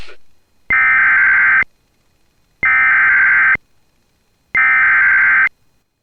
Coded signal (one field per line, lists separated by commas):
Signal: Emergency Alert System (SAME) tones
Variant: header bursts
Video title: THIS CAP WON'T BREAK... || EAS Alerts from June 18, 2024 (EAS #2,852-2,868)